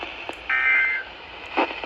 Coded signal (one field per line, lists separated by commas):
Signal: Emergency Alert System (SAME) tones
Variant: end-of-message bursts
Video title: MODERATE RISK TERROR! EAS Alerts from 11-4-2022 to 11-5-2022. (EAS #730 - #781)